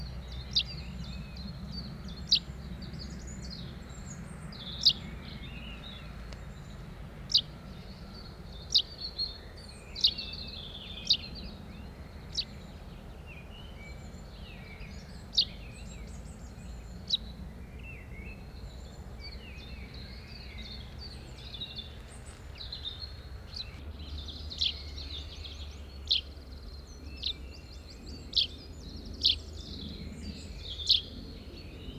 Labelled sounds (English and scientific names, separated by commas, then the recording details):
Common Chaffinch (Fringilla coelebs) call
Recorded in the wild
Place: Wermelskirchen, Nordrhein-Westfalen, DE
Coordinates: 51.13, 7.25
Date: 1995-04-15
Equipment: Sony WM-D6C
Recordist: Skiba, Reinald
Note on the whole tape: Dhünn (am Oberlauf des Eifgenbach): "dellep", "schilp"; ähnlich Haussperling